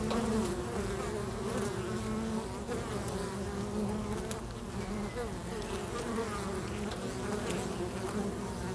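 Bee buzz, a steady many-winged drone whose tones drift up and down, occasional soft ticks and clicks throughout.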